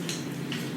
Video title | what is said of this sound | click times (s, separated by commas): Taking your venus index measurements | Then it just locks into place. | 0.1 s, 0.5 s